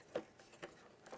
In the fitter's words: it locks in place like so won't come out